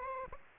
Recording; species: mosquito wingbeat signal from an infrared sensor; Aedes aegypti